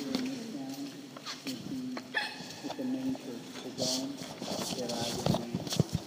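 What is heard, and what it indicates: A girl in Germany hiccups repeatedly: short, abrupt hiccup sounds break through the surrounding group conversation and outdoor background noise on a group tour.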